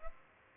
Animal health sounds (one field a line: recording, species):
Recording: mosquito wingbeat signal from an infrared sensor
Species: Aedes albopictus